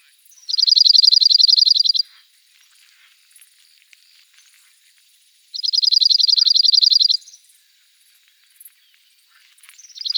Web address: emberiza cirlus call